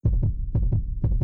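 Fast, regular deep thumps about half a second apart: an adult's quick heartbeat, near 120 beats a minute, as she is asked whether she will be able to maintain her standard of living when she retires.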